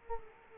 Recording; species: mosquito wingbeat signal from an infrared sensor; Culex quinquefasciatus